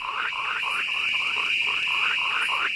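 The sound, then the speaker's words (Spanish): Crickets chirp in a steady, unbroken high-pitched trill, with a quick run of repeated rising chirps layered over it at a fairly even rhythm. No voices. “Grillos en concierto a la hora de cenar.”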